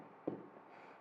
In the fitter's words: 然后把电池卡进去以后，按上就可以了